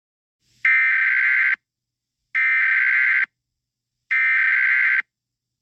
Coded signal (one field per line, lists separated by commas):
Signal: Emergency Alert System (SAME) tones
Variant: header bursts